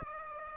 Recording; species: mosquito wingbeat signal from an infrared sensor; Aedes aegypti